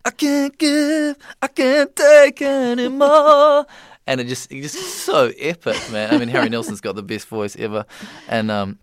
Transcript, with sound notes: I can't give. I can't take anymore. (Speaking) And it just - it's just so epic, man. I mean, Harry Nilsson's got the best voice ever